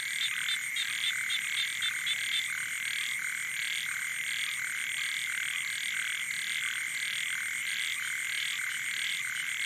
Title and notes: Soirée aux batraciens - Cambodge. 12 décembre 2018 Sur le bord du lac "Boeng Thum" vers 23h00 au moment ou le silence des hommes laisse place au monde sauvage